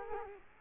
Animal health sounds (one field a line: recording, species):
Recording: mosquito wingbeat signal from an infrared sensor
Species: Culex quinquefasciatus